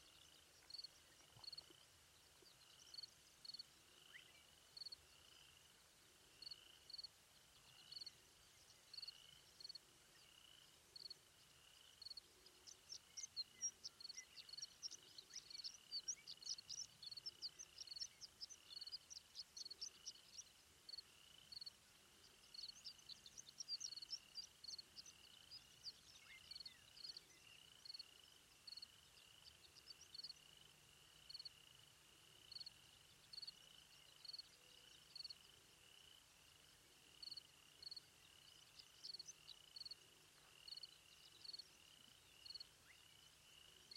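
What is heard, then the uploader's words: Pawnee Grassland at dawn, with a steady bed of high insect trilling and a regular, quick chirping pulse repeating throughout. Brighter bird-like twitters break in around 13–16 and 22–25 seconds, over a faint low rumble. Pawnee Grassland at Dawn.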